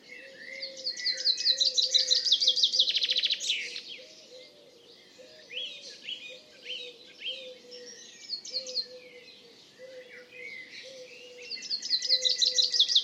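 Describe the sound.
Common chaffinch song: one rattling, descending trill phrase ending in a flourish, then varied twittering from other birds over a low repeated note, and a second phrase starting at the end.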